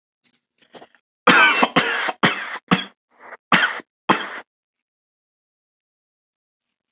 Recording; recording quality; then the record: heavy voluntary cough; excellent, no background noise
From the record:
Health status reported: respiratory illness, not identified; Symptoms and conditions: asthma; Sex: male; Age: 26 years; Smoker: not ticked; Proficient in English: yes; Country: United States